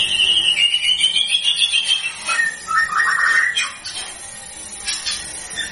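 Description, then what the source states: White-rumped shama song: a long whistled phrase sliding down, then a burst of quick stuttered notes and scattered sharp chips, with steady high hiss behind. Lure recording of a constantly singing bird, used to provoke a response from other white-rumped shamas.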